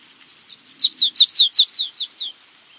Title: LuckyPassaro Completos2Sama. Stripe-tailed Yellow Finch (Sicalis citrina citrina (ssp assumed from location))